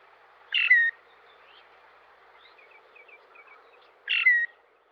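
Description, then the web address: Loggerhead Shrike repeating a rasping call note twice, about three and a half seconds apart, with soft chirps in the pause. Eastern North America. "Dan Gibson Wildlife Identification By Sound, Eastern North America Pt 2. Loggerhead Shrike"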